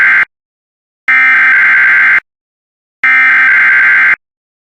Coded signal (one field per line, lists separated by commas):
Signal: Emergency Alert System (SAME) tones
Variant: header bursts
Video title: 2x Tornado Watch 202 and EAS test (EAS #153-155)